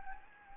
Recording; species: mosquito wingbeat signal from an infrared sensor; Anopheles gambiae